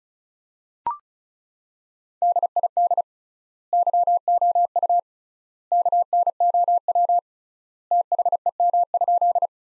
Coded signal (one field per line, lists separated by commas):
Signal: Morse code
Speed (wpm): 36 wpm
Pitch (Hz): 700 Hz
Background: none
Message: DID YOU KNOW THEM?